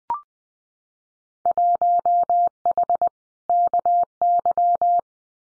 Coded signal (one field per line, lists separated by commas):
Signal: Morse code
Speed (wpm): 20 wpm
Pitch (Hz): 700 Hz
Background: none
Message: 1H KY